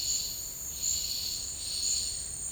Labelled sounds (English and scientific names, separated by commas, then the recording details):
none
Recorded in dense forest near Puerto Asís, Putumayo, Colombia, on 19 March 2025 at 13:00
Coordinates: 0.485, -76.318
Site G056